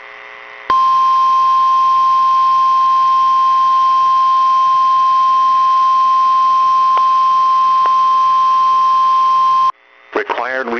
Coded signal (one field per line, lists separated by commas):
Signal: Emergency Alert System (SAME) tones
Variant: 1050 Hz attention tone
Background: speech